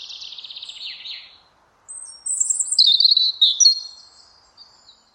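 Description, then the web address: European robin song: a fast rattling trill of high notes, a short pause, then thin, very high whistles sliding down into a sweet, varied warble. "Deverinetal 2025 File origin Bird Only Er Ru"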